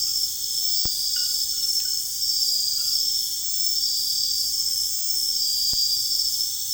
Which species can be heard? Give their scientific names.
none